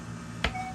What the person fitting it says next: There we go. And you hear a snap, but it still won't come out.